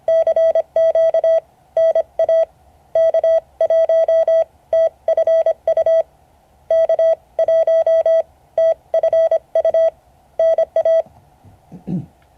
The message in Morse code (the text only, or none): CQ NA K1TFU K1TFU NA